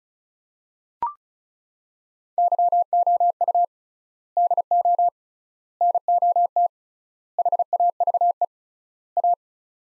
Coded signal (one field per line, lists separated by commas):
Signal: Morse code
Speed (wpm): 36 wpm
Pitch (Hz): 700 Hz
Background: none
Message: YOU DO NOT HAVE A